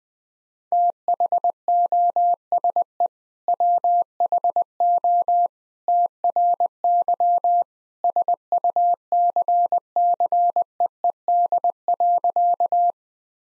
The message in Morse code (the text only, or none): THOSE WHO TRY SUCCEED.